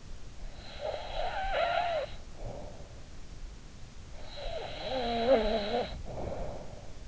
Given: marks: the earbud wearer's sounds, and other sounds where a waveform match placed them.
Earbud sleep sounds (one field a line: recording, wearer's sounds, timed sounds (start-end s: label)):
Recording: sounds in sleep by an in-ear microphone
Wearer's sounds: snoring breath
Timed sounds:
0.62-3.20 s: snoring breath
4.23-7.08 s: snoring breath